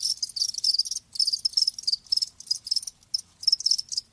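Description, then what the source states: Cricket chorus, loud high buzzy trilling in pulsing runs broken by short pauses. Live crickets chirping with a lulling song.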